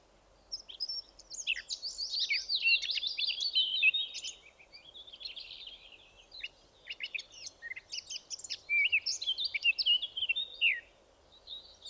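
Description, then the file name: Eurasian blackcap singing in a long, busy warble of high rapid notes, rising and falling, with brief dips in loudness between phrases. "Sylvia atricapilla"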